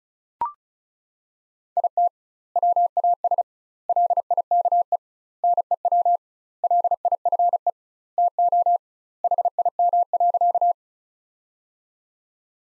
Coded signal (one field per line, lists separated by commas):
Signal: Morse code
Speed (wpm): 36 wpm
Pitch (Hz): 700 Hz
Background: none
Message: IT WAS LIKE NEW LIFE TO HIM.